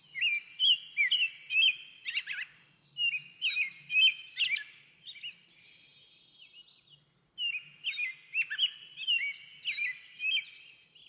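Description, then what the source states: Bird song: repeated whistled phrases mixed with higher twitters, with a pause between about six and seven seconds. Backyard.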